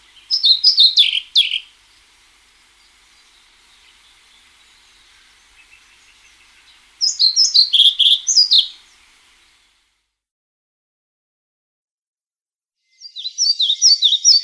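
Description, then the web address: European pied flycatcher singing three short bright phrases of rapid high alternating notes, separated by pauses of several seconds. "Schulze Peter European Pied Flycatcher song"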